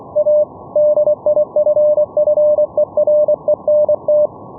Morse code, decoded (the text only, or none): A DIFFERENT